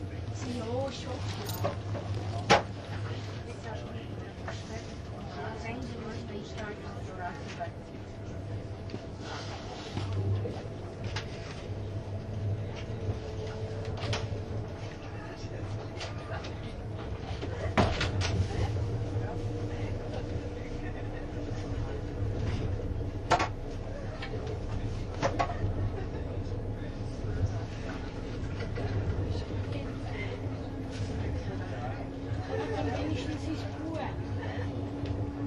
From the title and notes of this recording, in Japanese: SBB線 ICN10022レ01 Lugano～(Göschenen)。スイスでは主力の車体傾斜車両であるRABDe500形ICN、その本領を発揮するゴッタルド線の列車を収録したものです。音の旅(走行音)。収録年月:2013,05。